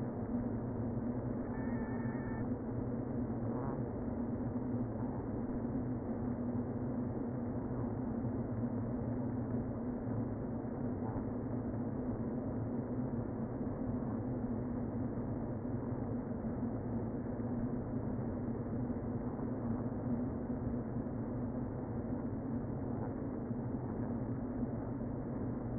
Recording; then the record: honeybee colony, microphone inside the hive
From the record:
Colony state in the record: queen present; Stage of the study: before two queens were removed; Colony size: about 60,000 bees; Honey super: yes